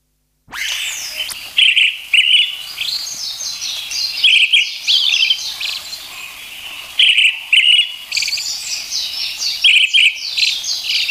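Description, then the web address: Brown-headed thrush song: loud doubled notes repeated every few seconds, with continuous high twittering behind. "sikioto. akahara"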